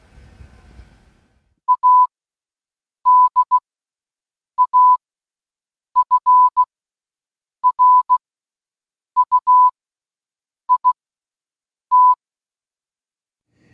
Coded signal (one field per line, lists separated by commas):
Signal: Morse code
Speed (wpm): 16 wpm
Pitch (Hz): 1000 Hz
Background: none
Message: ADAFRUIT